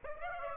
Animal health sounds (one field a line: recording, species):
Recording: mosquito wingbeat signal from an infrared sensor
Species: Aedes aegypti